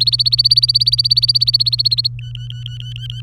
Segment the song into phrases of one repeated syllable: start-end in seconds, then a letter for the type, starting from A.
0.00-2.08 A, 2.19-3.21 B